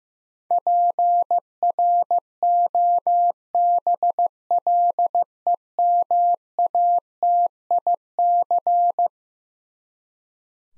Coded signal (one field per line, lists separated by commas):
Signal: Morse code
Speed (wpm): 15 wpm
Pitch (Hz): 700 Hz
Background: none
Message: PROBLEMATIC